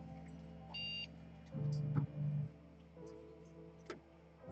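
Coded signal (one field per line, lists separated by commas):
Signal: beep code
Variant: ASUS motherboard POST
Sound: one short high electronic beep, then low humming and whirring bursts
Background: fan and motor hum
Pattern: 1 short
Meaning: A single short beep normally means POST passed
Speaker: Still one beep, and then it shuts off.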